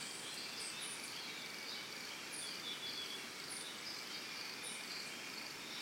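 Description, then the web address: Cricket chirping as a steady high buzzing band, with a few short bird chirps above it. Early morning in a Costa Rica forest, with birds. "Big Room Sound Birds Crickets Costa Rica Early Morning"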